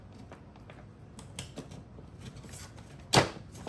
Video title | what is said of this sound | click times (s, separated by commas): The Chasm Overview | and lock into place there | 3.1 s